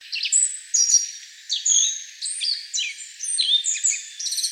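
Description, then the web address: Black-faced bunting song, several bursts of quick high chirping phrases with short whistled notes. Recorded 15 April 2013. "birdenaga aoji 130415"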